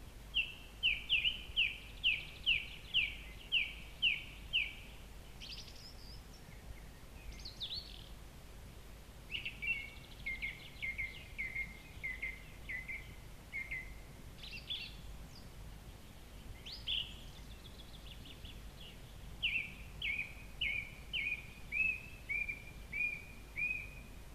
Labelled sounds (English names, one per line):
Song Thrush song